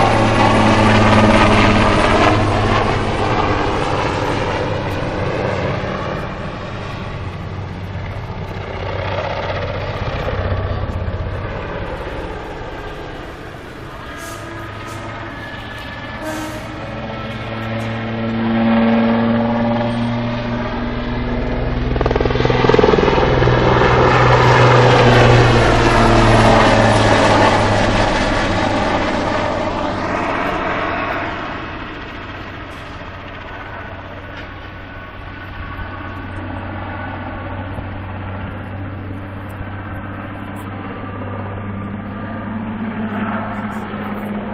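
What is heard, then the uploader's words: A Super Puma helicopter performs aerobatics, its engine and rotor roaring continuously for the whole stretch. Tones rise and fall as it maneuvers, with loud swells around 10 and 25 seconds and a quieter dip near 33 seconds. A steady low hum persists underneath. Super Puma acrobatic in Dübendorf. Two practice runs for a life-sized Super Puma military aircraft doing acrobatics (death spirals, knife edge drops, stall turns, etc).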